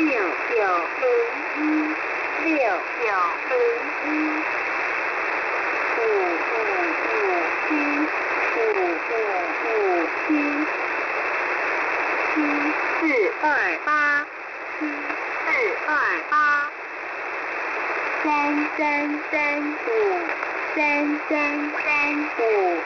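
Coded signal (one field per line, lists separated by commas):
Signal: numbers station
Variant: V13, Mandarin Chinese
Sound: woman reads Chinese digits in four-figure groups, each group said twice, over hiss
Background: radio static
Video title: V13 New Star Broadcasting 10/06/2024 1230 UTC 13974kHz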